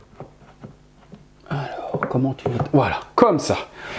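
A resin hand is fitted onto the wrist of a 1/3 scale Prime 1 Studio Killer Croc (Arkham Origins) collectible statue and is pulled into place by a strong magnet joint. Short snaps are heard at 0.2 s and 0.6 s before someone talks. The hand seats firmly and is held by the magnet so it won't fall.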